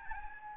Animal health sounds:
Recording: mosquito wingbeat signal from an infrared sensor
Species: Aedes albopictus

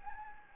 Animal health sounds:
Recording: mosquito wingbeat signal from an infrared sensor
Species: Anopheles gambiae

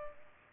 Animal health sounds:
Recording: mosquito wingbeat signal from an infrared sensor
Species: Culex pipiens

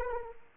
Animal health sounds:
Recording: mosquito wingbeat signal from an infrared sensor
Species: Anopheles arabiensis

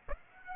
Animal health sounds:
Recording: mosquito wingbeat signal from an infrared sensor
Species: Aedes aegypti

